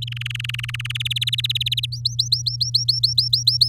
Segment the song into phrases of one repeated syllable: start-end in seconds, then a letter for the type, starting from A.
0.02-0.97 A, 1.00-1.86 B, 1.92-3.69 C